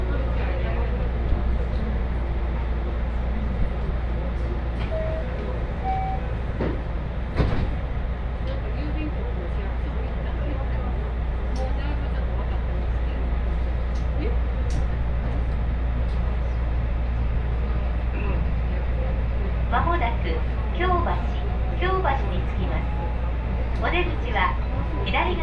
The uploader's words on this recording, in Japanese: 耳で楽しむ鉄道旅 ＪＲ難波→新今宮→京橋→鴫野。大阪環状線の内回り電車に乗り換えて京橋に向かいます。